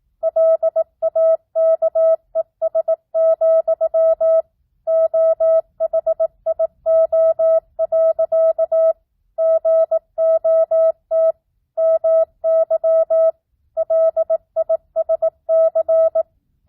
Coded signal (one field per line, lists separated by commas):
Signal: Morse code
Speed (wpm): 18 wpm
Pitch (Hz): 650 Hz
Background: none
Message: LAKES, OHIO. GOT MY LISC